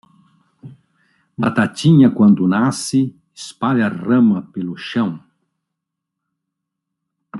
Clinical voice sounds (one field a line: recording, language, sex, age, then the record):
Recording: short text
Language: Brazilian Portuguese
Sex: male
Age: 70 to 79 years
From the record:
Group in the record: control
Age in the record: 71 years